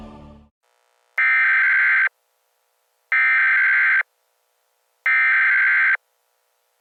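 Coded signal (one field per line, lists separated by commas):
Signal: Emergency Alert System (SAME) tones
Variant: header bursts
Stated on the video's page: Fictional EAS scenario.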